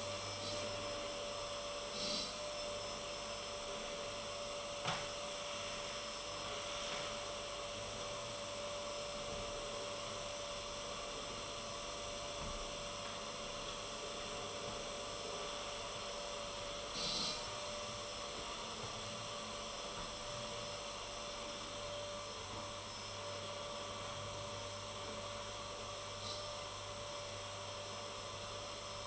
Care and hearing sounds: daily activity, microphone in the room; vacuum cleaning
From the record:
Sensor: 4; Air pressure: 1008.5 hPa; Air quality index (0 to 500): 62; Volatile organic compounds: 1 ppm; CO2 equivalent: 598 ppm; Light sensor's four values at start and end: 14/31/12/12 and 13/31/12/11

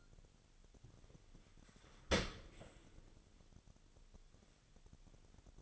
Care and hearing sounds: daily activity, microphone in the room; open dishwasher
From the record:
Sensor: 4

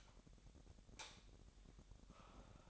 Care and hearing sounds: daily activity, microphone in the room; light off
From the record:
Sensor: 3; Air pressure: 1011.9 hPa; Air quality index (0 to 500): 229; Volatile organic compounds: 4 ppm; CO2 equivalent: 1699 ppm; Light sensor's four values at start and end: 17/44/18/18 and 15/35/15/15

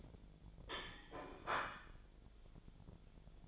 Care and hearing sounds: daily activity, microphone in the room; place plate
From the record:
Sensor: 5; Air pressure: 1009.5 hPa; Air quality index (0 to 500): 168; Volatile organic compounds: 4 ppm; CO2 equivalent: 1635 ppm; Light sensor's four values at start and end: 100/264/108/115 and 100/265/108/115

